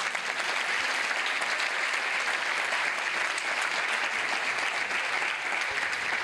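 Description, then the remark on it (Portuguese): An audience applauds steadily for several seconds, a dense, even wash of many hands clapping at a constant, fairly loud level with no voices rising above it. “Pois outro aplauso.”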